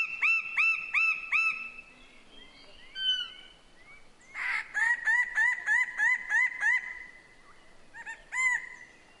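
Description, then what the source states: Myna calls, loud ringing whistled notes that rise sharply, given in fast series of four to eight, broken by a brief harsh burst and a few slurred notes. Papua New Guinea.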